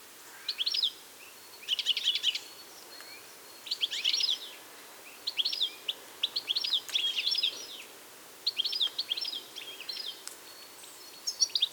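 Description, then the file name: European goldfinch twittering calls in short bursts of bright tinkling and buzzy notes, repeated roughly every second or two with brief gaps between. "Carduelis carduelis"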